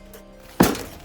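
The torso piece of a 2024 Spirit Halloween Frankenstein Monster animatronic is turned to show its snap lock and pressed home onto the hip loop piece. After a quiet stretch, a single sharp snap sounds at 0.6 s and fades over the next half second. Only one of the two sides locks in, but the torso is held in place.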